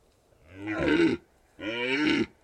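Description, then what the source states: Red deer stag bellowing twice, each a harmonic roar lasting under a second, with a brief pause between. Red deer stags rutting in the Carpathian Mountains, Bucovina, Romania.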